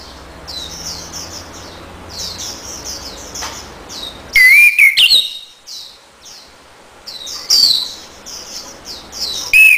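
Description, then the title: Orange-headed thrush singing short, loud, warbled whistle phrases near the middle and end, with soft repeated high chirps throughout and a low hum early on. Song to lure or stimulate a silent orange-headed thrush into singing. "Anis Merah Macet.. Pancing Dengan Suara Ini.. # Anis Merah"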